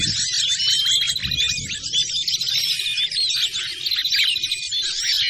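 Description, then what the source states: Bar-winged prinia: small bird calls, busy high chattering and sweeping whistled notes layered over one another without a break, with a faint low rumble beneath. Lure sound used to attract wild birds; local name ciblek.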